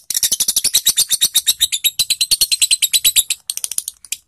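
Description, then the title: Lovebird chattering song, a fast run of shrill, scratchy high notes that breaks off into a few scattered chips near the end. Long ngekek (continuous chattering) song, used to train lovebirds. "JAMIN NGEKEK!! MASTERAN LOVEBIRD BALIBU DURASI."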